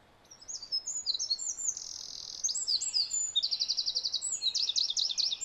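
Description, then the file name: Eurasian wren song with fast, sharp high notes tumbling into rattling trills, the phrase continuing energetically right to the end. "Troglodytes troglodytes"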